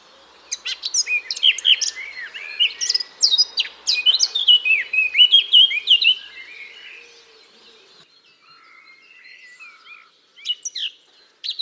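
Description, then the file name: Eurasian blackcap with a long energetic warble of tumbling scratchy and whistled notes, followed by soft quieter notes and a short closing burst. "Sylvia atricapilla"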